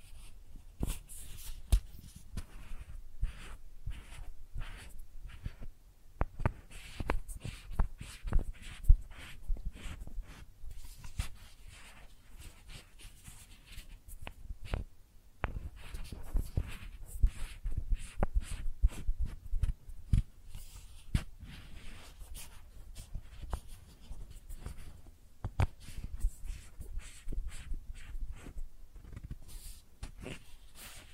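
Makeup tapping and scratching: dense, irregular clicks and taps run through the whole half minute, some sharp and bright, others soft and scratchy. The pace shifts, thinning briefly around 6 and 15 seconds before picking up again, with a low hum underneath.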